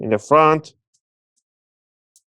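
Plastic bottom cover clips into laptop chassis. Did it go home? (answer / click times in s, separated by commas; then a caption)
yes / 0.9 s, 2.2 s. Someone talks briefly as the front corners of the plastic bottom cover of an HP Victus 15 fb1013dx gaming laptop are pressed down after a new SSD is installed. Faint, short clicks follow at about 1.0 s and 2.2 s as the hidden plastic clips snap into the chassis, and the cover seats.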